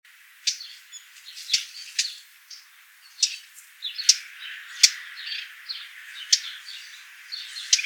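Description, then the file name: Eurasian blackcap calls: hard, clicking tack notes repeated irregularly about once a second, with softer high chirps from other birds in the background. "Sylvia atricapilla"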